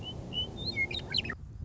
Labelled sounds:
Western Meadowlark (Sturnella neglecta)
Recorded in Sonoma County, California

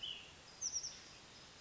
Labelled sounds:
Ash-throated Flycatcher (Myiarchus cinerascens)
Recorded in Sonoma County, California

